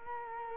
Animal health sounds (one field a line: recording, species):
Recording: mosquito wingbeat signal from an infrared sensor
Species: Culex quinquefasciatus